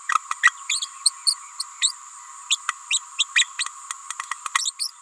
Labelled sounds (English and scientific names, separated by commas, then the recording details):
Green-rumped Parrotlet (Forpus passerinus) babbling
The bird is a female
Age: 28 days
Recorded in a nest box in Venezuela
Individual 17B31A3